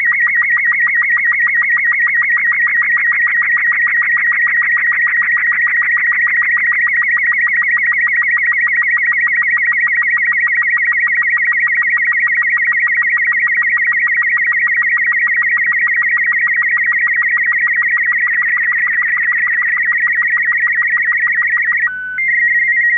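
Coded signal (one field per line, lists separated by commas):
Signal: SSTV (slow-scan television)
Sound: steady high warbling tone with rapid regular low blips, like a fast ticking whistle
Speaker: I'm going to fire up the receiver, we'll find the SSTV signal, and we are going to watch that picture get built right in front of us.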